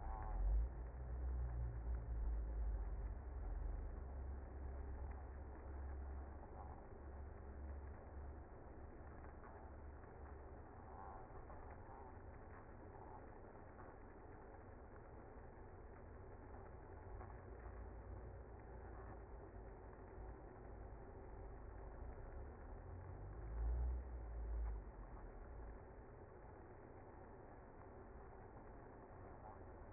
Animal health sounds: honeybee colony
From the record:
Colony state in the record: active

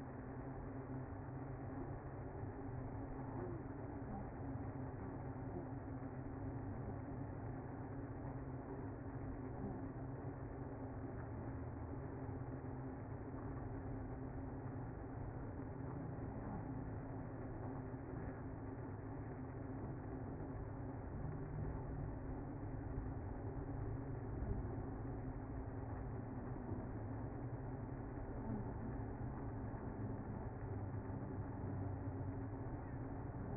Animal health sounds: honeybee colony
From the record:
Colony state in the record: active

